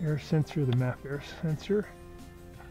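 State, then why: Not seated. A plastic electrical connector is being pushed back onto the mass air flow sensor on a Prius air intake. Someone talks over a steady background tone, and the clip ends before the connector goes home, so nothing has clicked or seated yet.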